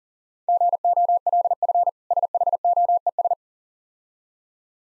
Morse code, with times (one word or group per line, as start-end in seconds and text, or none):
0.5-1.9 GOLF
2.1-3.3 SHOES